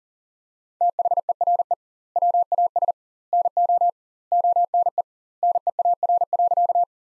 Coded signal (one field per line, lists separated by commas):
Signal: Morse code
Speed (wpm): 40 wpm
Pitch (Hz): 700 Hz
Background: none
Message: THERE WAS NO ONE NEAR.